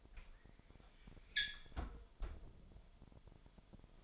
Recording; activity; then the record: daily activity, microphone in the room; close fridge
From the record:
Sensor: 5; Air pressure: 1002.1 hPa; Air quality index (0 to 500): 224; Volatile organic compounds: 28 ppm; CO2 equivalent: 2921 ppm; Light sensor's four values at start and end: 10/24/10/11 and 9/22/9/10